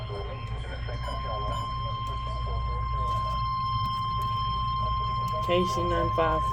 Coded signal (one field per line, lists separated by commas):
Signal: Emergency Alert System (SAME) tones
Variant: 1050 Hz attention tone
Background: speech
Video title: EAS COMP FOR 2024 EAS ALERTS FROM #eas 1488 TO #eas 1578